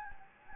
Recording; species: mosquito wingbeat signal from an infrared sensor; Anopheles gambiae